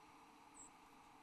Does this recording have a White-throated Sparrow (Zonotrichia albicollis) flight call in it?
yes